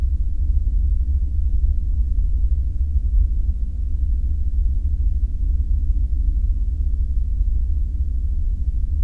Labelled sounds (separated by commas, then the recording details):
flare stack
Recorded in the Prudhoe Bay oil fields, Alaska, on 5 September 2019 at 00:07
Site 14